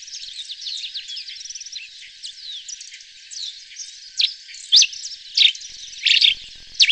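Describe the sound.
Grey-crested Finch calls: busy high twittering and chirps, with louder emphatic chip notes bursting out every half second or so toward the end.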